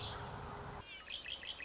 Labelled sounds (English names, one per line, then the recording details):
Red-winged Blackbird
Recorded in Sonoma County, California